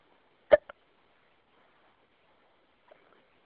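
One sharp, abrupt hiccup from an adult, with a brief faint after-sound, then near silence on a quiet phone line.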